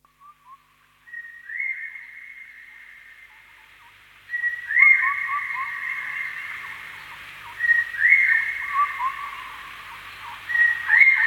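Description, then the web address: Bird calls as clear, drawn-out whistles, some sliding upward, given in spaced phrases roughly every three seconds, with softer lower notes. "birds asiatori"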